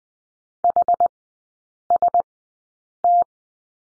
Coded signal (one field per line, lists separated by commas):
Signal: Morse code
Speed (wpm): 20 wpm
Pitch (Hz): 700 Hz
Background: none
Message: HST